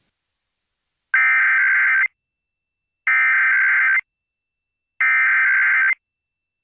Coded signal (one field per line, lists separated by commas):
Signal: Emergency Alert System (SAME) tones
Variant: header bursts